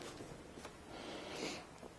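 The other side of a case panel is handled against an Xbox console case body, with soft rustling and scraping handling noise throughout. Nothing has seated or clicked yet; the panel is not yet home.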